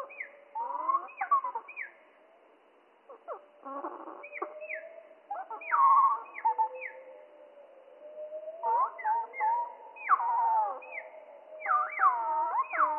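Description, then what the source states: Spotted flycatcher song at greatly reduced speed, with clusters of deep gliding whistles and warbled phrases separated by short quieter gaps. Slowed down by three octaves; mono.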